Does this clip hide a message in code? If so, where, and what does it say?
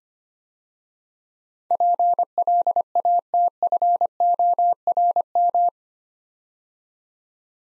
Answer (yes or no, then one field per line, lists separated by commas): yes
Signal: Morse code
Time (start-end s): 1.7-5.7 s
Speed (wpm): 25 wpm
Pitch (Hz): 700 Hz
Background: none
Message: PLATFORM